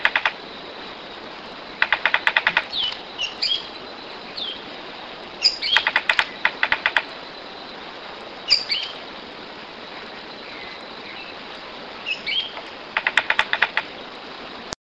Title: LuckyPassaro Completos2Sama. Ochre-collared Piculet (Picumnus temminckii)